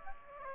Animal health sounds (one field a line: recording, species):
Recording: mosquito wingbeat signal from an infrared sensor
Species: Aedes aegypti